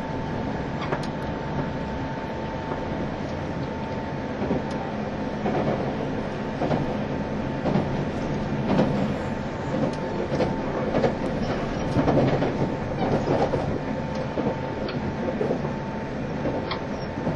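A train runs steadily, its low rumble constant throughout with a dense, rattling texture. Faint clicks and knocks from the wheels recur irregularly, and a thin steady whine sits above the rumble the whole time.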